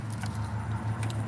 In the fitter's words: You hear that click? Feel that click.